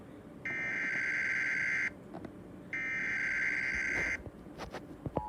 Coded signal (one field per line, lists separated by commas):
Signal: Emergency Alert System (SAME) tones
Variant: header bursts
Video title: SVR for Arkansas #EAS